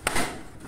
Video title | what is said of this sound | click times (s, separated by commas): COMPRAMOS A NOSSA GELADEIRA RESFRIAR quadrivolt 31 litros para carro, caminhão e motorhome. t2ep4 | ela faz um clique | 0.1 s